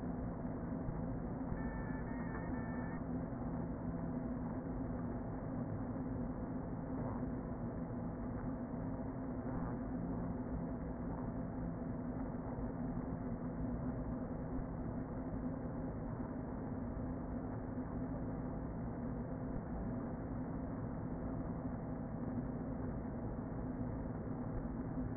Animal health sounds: honeybee colony, microphone inside the hive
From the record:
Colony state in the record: queen present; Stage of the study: before two queens were removed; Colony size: about 60,000 bees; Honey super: yes

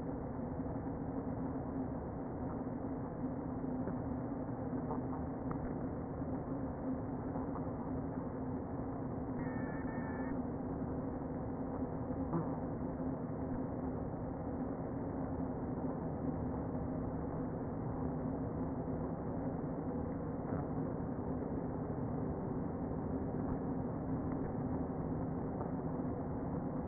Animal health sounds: honeybee colony, microphone inside the hive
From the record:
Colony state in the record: queen present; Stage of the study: before two queens were removed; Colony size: about 60,000 bees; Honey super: yes

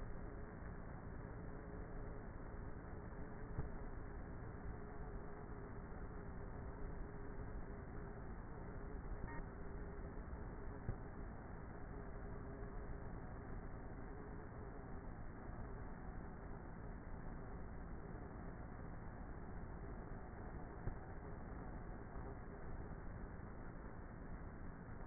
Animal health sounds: honeybee colony, microphone inside the hive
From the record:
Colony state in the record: queenless with a low population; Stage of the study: before two queens were removed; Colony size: about 30,000 bees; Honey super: no

